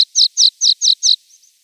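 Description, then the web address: Water Pipit song fragment: five loud, high, downslurred notes in quick even succession, trailing off into two faint softer notes. "Schulze Peter Water Pipit song"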